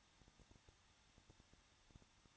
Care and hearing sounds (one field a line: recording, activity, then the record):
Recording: daily activity, microphone in the room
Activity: no activity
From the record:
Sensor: 3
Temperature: 21.2 degrees Celsius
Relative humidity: 36.3%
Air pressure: 1006.3 hPa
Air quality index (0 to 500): 222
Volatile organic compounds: 41 ppm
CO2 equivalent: 3166 ppm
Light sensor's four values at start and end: 2/3/2/2 and 2/3/2/2